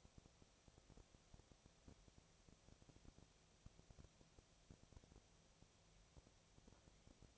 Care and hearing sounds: daily activity, microphone in the room; no activity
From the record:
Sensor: 1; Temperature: 19.8 degrees Celsius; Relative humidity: 37.9%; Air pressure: 998.8 hPa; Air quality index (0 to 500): 233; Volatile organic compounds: 134 ppm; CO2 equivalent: 3946 ppm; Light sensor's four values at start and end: 1/2/1/1 and 1/2/1/1

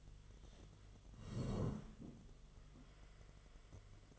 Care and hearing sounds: daily activity, microphone in the room; sit down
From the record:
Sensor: 4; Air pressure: 1006.0 hPa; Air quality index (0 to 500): 111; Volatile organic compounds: 3 ppm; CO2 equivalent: 1394 ppm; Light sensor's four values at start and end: 13/28/11/10 and 13/28/11/10

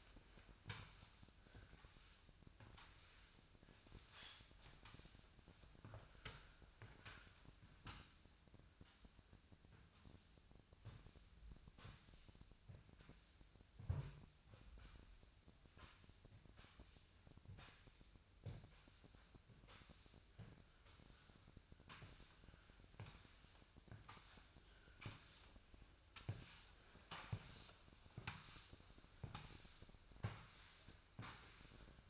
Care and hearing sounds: daily activity, microphone in the room; sweep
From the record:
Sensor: 2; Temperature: 24.9 degrees Celsius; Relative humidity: 39.7%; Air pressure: 1001.5 hPa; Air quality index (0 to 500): 227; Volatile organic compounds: 26 ppm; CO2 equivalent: 2852 ppm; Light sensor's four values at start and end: 7/25/9/9 and 8/26/10/9

